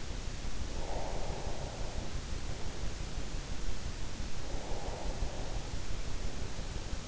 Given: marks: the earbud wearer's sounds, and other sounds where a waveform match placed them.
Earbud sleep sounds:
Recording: sounds in sleep by an in-ear microphone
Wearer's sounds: breath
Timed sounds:
0.50-3.31 s: breath
4.19-7.08 s: breath

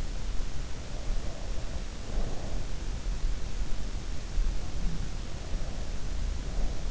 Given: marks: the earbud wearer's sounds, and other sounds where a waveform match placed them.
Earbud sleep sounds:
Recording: sounds in sleep by an in-ear microphone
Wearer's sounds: breath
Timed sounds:
1.00-2.73 s: breath
5.43-6.91 s: breath

